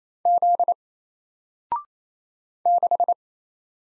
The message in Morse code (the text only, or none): Z 6